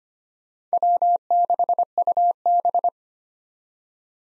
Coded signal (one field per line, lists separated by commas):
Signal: Morse code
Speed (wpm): 25 wpm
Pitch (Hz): 700 Hz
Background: none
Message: W6UB